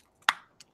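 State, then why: Seated. A plastic toy robot foot/leg piece is pushed hard into its plastic hip socket until the nub engages the cutout. A sharp, bright snap at 0.3 s, the loudest sound by far, is framed by a faint tick just before and a softer click at 0.6 s. The leg is seated in the hip joint.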